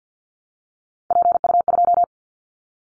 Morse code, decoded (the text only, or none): PU2